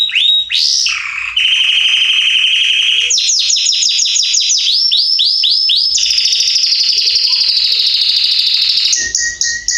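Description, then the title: Belgian canary singing nonstop: sliding notes, a long buzzy roll, rapid repeated sweeps and a high sustained trill ending in clipped notes. Male Belgian canary singing a lot, played to warm up young canaries; song style called salsa estourado. "Esquente Seu Filhote E Canario Belga Em 30 Minutos Macho Cantando Muito. Canrio Belga Salsa Estourado - Esquente em 30 minutos"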